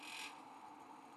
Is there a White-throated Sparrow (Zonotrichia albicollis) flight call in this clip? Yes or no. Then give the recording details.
no. No flight call is heard. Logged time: 09:42 on 5 December 2014